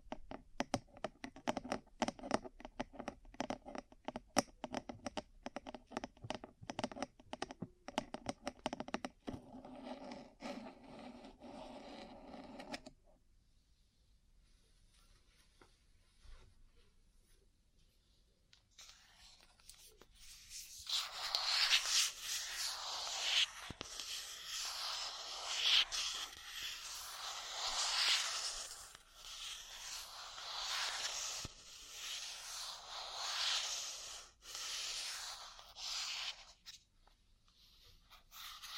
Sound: Ear Cleaning, Massage, Cupping, Tapping